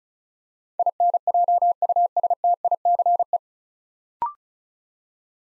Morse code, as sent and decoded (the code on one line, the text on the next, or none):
.. -. .--- ..- ... - .. -.-. .
INJUSTICE